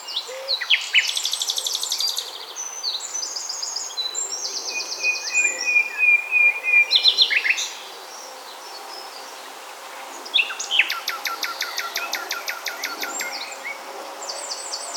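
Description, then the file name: Common nightingale singing varied phrases of repeated notes and whistles, with a pause of a few seconds midway, over steady background hiss. "Luscinia megarhynchos"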